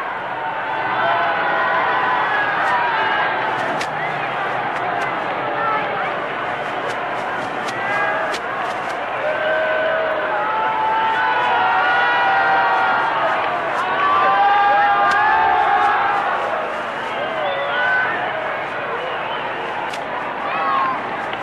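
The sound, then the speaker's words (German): A large crowd in Berlin cheers and shouts without pause for President Kennedy and Chancellor Adenauer passing in a car, a dense, loud roar of overlapping voices with scattered sharp claps and whistles, swelling slightly midway before holding steady. “Jubel über Jubel.”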